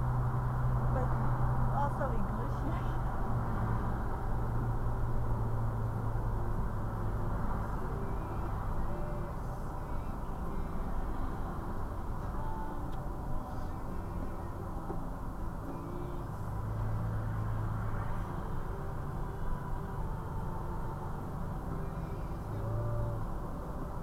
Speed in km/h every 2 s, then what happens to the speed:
48, 47, 44, 42, 39, 35, 34, 34, 34, 32, 34, 31.
0-11 slows to 34. 11-21 steady at about 34.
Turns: none.